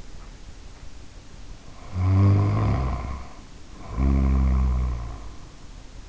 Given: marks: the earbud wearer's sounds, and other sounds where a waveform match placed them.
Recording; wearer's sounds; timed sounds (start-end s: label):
sounds in sleep by an in-ear microphone; snoring breath
1.95-5.47 s: snoring breath